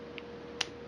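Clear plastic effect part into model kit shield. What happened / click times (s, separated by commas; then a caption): The small plastic part snapped into place / 0.2 s, 0.6 s. A clear green plastic effect part is pressed onto the shield of a plastic model kit. A faint click comes at 0.2 s, then a louder, sharper snap at 0.6 s over a quiet steady hum. The part seats in place.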